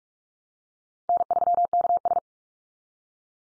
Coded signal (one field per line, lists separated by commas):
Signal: Morse code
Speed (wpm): 44 wpm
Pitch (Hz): 700 Hz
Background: none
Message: N3KS